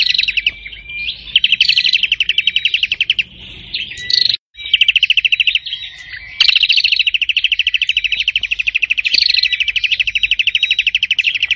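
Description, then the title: Prinia song of fast repeated chirps forming a buzzy trill, with a short gap near the middle and occasional higher whistles. "Burung Prenjak Gacor Parah"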